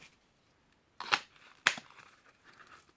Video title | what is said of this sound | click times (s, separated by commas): Ka-Bar TDI Hellfire Sheaths | a really nice click in there's no rattle no play ballistic one-handed bra same | 1.7 s